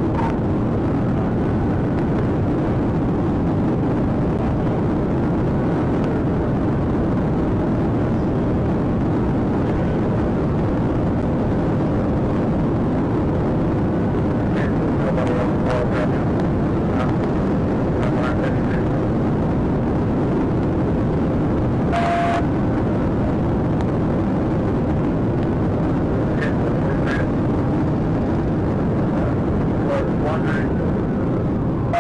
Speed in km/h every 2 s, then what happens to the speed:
208, 208, 209, 209, 209, 209, 209, 209, 211, 212, 212, 211, 209, 209, 192, 172.
0-26 steady at about 209. 26-32 brakes to 172.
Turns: none.